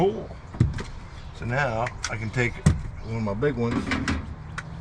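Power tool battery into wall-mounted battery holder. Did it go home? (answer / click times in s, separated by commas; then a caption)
yes / 4.6 s. A large power-tool battery is pushed into a 3D-printed battery mount on a van wall panel while someone talks. It seats with one sharp hit at 4.6 s, locking into place more or less.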